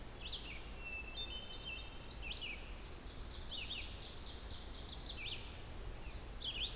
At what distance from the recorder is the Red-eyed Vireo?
about 75 m